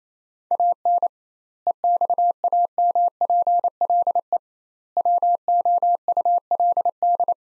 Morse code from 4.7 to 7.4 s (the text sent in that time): WOULD